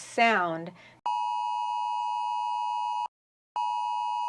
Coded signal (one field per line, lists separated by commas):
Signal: Emergency Alert System (SAME) tones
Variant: 853 and 960 Hz attention tone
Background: speech